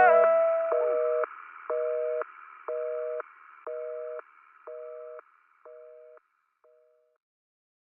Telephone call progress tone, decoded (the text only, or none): busy tone